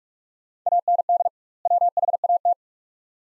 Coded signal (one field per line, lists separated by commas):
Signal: Morse code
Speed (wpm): 44 wpm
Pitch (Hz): 700 Hz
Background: none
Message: AND WHAT